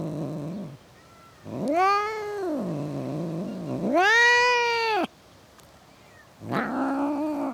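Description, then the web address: Domestic cat caterwauling with a low moan, then two long arching wails that swell and fade, then a rougher lower yowl at the end. Cats in a suburban garden. "BBC Sound Effects Library BBC - Cats Cats In A Suburban Garden"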